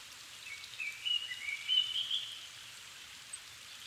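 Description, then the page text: Japanese thrush song: a short run of whistled notes over steady background hiss. 7 May 2011 at 17:59, evening; altitude 270 m; recorded with Sony PCM-D50 and Panasonic WM-61A microphone. "kurotugumi-20110507-1759. Turdus cardis [Sounds -Nikko Today-]"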